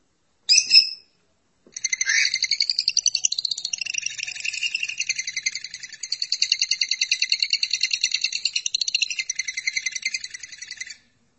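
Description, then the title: Lovebird song: a short high twitter, a brief gap, then nine seconds of continuous rapid, pulsing, high-pitched chatter that ends abruptly. "BM Suara Burung Lovebird"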